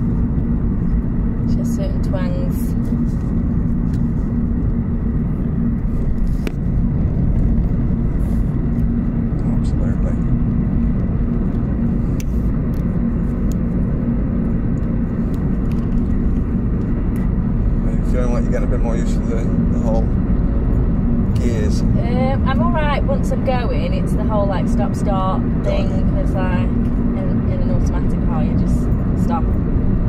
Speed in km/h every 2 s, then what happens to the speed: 50, 48, 52, 55, 56, 58, 60, 61, 63, 64, 66, 68, 66, 69, 69.
2-22 speeds up to 68. 22-30 steady at about 68.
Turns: none.